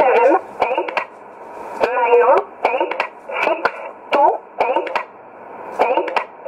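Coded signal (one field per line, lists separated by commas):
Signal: numbers station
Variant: E11 Oblique, English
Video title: 12 06 2017 Numbers station E11 Oblique in English to Eu 0754 on 9610 in USB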